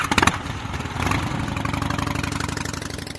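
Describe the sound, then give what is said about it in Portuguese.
A Harley-Davidson motorcycle engine gives a loud, rough burst of revving, then settles into a steady, lumpy low idle with rhythmic throbbing pulses. No one speaks. “Os caras estavam lá invadindo a Alemanha já com moto Harley Davidson e ganhando muito dinheiro, né, cara?”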